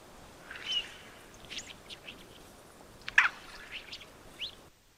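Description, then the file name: Mandarin duck with one loud, sharp squeak past three seconds, preceded and followed by faint high chirping notes. "pato-mandarín-Aix-galericulata"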